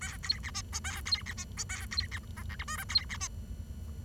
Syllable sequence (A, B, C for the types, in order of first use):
A B C D E A B C D E A B C F G H I J B C D